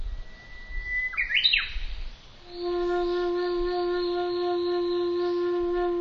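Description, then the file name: Japanese bush warbler song: a long level whistle breaking into a quick rising, slurred flourish, then a loud steady low droning tone that continues to the end. "uguisu"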